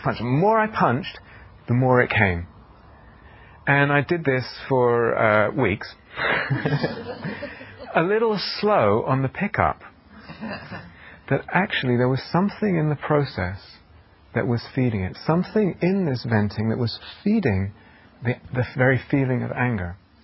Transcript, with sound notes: The more I punched, the more it came. And I did this for weeks. [laughs] A little slow on the pickup -- that actually there was something in the process that was feeding it, something in this venting that was feeding the very feeling of anger.